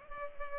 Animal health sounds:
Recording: mosquito wingbeat signal from an infrared sensor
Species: Culex pipiens

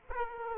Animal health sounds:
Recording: mosquito wingbeat signal from an infrared sensor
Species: Aedes aegypti

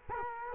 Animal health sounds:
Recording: mosquito wingbeat signal from an infrared sensor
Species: Culex quinquefasciatus

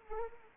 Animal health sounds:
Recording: mosquito wingbeat signal from an infrared sensor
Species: Anopheles arabiensis

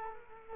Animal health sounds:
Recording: mosquito wingbeat signal from an infrared sensor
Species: Culex quinquefasciatus

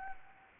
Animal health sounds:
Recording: mosquito wingbeat signal from an infrared sensor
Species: Anopheles gambiae

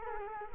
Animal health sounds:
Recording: mosquito wingbeat signal from an infrared sensor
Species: Culex quinquefasciatus

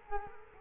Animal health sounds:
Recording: mosquito wingbeat signal from an infrared sensor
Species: Culex quinquefasciatus

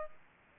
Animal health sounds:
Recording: mosquito wingbeat signal from an infrared sensor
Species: Aedes aegypti

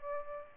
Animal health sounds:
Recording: mosquito wingbeat signal from an infrared sensor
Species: Aedes albopictus

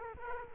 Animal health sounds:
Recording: mosquito wingbeat signal from an infrared sensor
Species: Culex quinquefasciatus

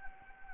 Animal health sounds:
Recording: mosquito wingbeat signal from an infrared sensor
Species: Anopheles gambiae

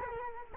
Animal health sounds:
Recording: mosquito wingbeat signal from an infrared sensor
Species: Culex quinquefasciatus

